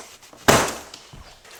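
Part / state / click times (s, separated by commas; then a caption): electric wall heater onto wall mounting brackets / seated / 0.5 s. An electric wall heater is set onto its wall mounting brackets and pushed down until it locks. A sharp, loud click at 0.5 s has a broadband burst that fades over about half a second, with a few faint knocks after. The heater is seated solid and flush to the wall.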